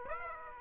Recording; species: mosquito wingbeat signal from an infrared sensor; Aedes aegypti